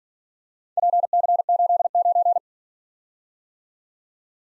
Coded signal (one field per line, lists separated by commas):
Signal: Morse code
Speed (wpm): 48 wpm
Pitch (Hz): 700 Hz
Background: none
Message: PC89